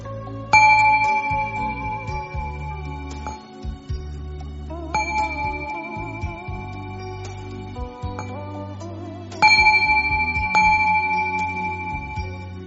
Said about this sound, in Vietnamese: Con cùng nghe ba tiếng chuông, các con xá để đền ơn bố mẹ của mình.